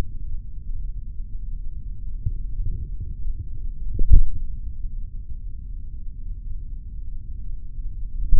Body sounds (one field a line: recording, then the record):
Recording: forearm muscle sounds (acoustic myography)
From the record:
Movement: tripod grip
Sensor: system 3, bracelet of six PUI Audio POM-2738L microphones around the upper forearm, with dedicated amplification and filtering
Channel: 1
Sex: male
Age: 56 years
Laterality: right